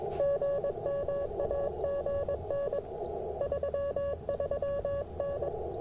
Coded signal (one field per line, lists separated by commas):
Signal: Morse code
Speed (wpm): 22 wpm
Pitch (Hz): 590 Hz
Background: music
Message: GM AGN 33N